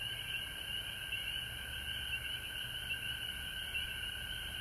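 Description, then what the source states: Frogs trilling in chorus, a shimmering high drone joined by a steady lower trill, with an intermittent low hum beneath. Frogs recorded at home in Georgia on March 19, 2020.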